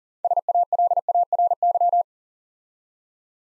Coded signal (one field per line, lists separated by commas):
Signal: Morse code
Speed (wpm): 39 wpm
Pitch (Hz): 700 Hz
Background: none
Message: SALARY